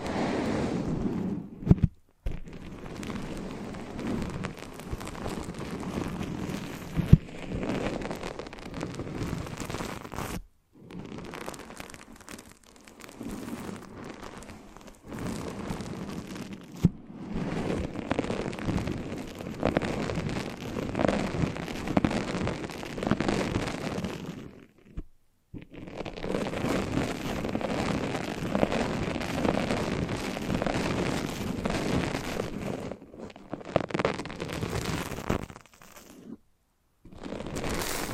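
Foamy, sticky squishing and crackling fills most of the clip in dense, steady stretches with a soft low thump underneath. The sound cuts out abruptly to silence several times, near 2, 10, 17, 25 and 36 seconds, before resuming.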